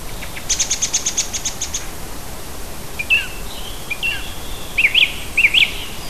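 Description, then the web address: Bird sounds: a thin high rapid trill, then scattered chirps and a few rising-falling whistled notes, over steady hiss. Native birds of a hedge habitat, recorded in June. "oeko hecke vogel juni vogel heimisch"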